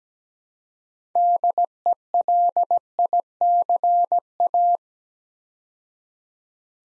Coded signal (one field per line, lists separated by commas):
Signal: Morse code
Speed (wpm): 17 wpm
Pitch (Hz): 700 Hz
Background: none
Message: DELICA